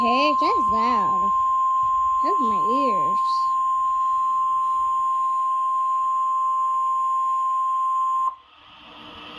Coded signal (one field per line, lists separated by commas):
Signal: Emergency Alert System (SAME) tones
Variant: 1050 Hz attention tone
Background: speech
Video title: EAS alarm system that could be tornado running at 12 PM!!😱😱😱